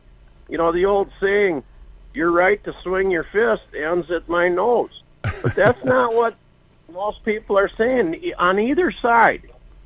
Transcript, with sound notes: You know the old saying, "Your right to swing your fist ends at my nose."
(laughs)
But that's not what most people are saying e- on either side.